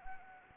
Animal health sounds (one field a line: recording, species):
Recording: mosquito wingbeat signal from an infrared sensor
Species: Anopheles arabiensis